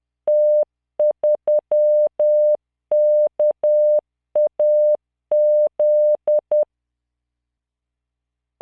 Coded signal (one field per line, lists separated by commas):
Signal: Morse code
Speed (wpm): 10 wpm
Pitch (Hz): 600 Hz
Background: none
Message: T3KAZ